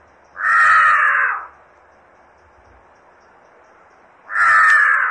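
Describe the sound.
Jungle crow calling two long, harsh, rasping caws separated by nearly three seconds of quiet background hiss.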